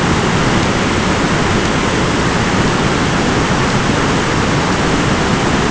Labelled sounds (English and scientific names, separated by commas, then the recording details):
none
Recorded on Arctic tundra, site ZACK-1, on 14 June 2019
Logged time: 23:49